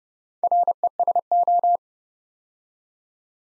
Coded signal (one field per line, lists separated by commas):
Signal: Morse code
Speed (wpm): 30 wpm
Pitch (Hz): 700 Hz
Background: none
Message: RESO